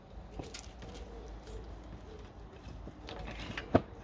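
A threaded bottom bracket cup is pushed into a bicycle frame shell and turned in the loosening direction, with faint scrapes and light taps at about 0.4, 0.6, 3.1 and 3.6 s. At 3.8 s a sharper, louder click is heard as the cup drops onto the start of the thread; this is a thread-start drop rather than a snap fit. The cup is seated on the thread.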